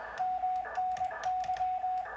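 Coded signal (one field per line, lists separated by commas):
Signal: Morse code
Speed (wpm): 20 wpm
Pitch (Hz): 740 Hz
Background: none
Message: MNY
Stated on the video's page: Morse heard while quickly comparing antennas and checking propagation.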